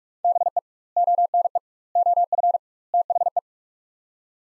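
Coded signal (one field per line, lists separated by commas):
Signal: Morse code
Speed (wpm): 46 wpm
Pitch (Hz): 700 Hz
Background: none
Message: BE ONE OF THE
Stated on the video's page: Morse practice: sets of four words at 45 wpm with 2x word-spacing, each set followed by spoken version; spacing method analogous to Farnsworth.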